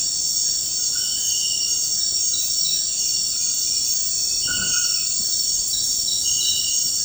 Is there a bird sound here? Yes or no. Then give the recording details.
no. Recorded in dense forest near Puerto Asís, Putumayo, Colombia, on 20 February 2024 at 02:30. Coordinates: 0.472, -76.329. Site G6394